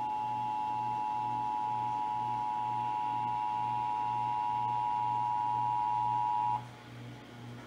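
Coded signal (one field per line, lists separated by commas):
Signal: Emergency Alert System (SAME) tones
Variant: 853 and 960 Hz attention tone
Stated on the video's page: Texas required monthly test, December 2021, as carried on an AM radio station and three TV stations.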